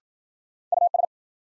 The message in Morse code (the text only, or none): US